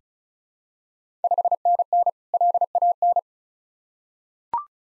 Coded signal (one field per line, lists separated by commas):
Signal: Morse code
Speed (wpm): 34 wpm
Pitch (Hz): 700 Hz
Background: none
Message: 5NN LAN